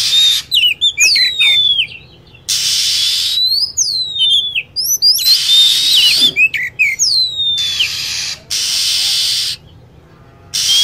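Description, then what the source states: Lovebird calls: shrill, sharply rising and falling chirps and whistles, mostly high-pitched, broken by bursts of steady hissing chatter that start and stop abruptly. Lure sound for attracting birds.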